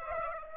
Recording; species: mosquito wingbeat signal from an infrared sensor; Aedes aegypti